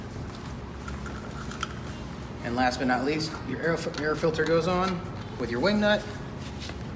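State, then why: Not seated. The plastic air filter cover for the air cleaner housing on a Honda GX690 small engine, during a carburetor replacement, is handled with a few light taps at around 0.9, 1.5 and 1.6 seconds while someone talks. The cover only fits one way, and nothing has seated or snapped into place yet.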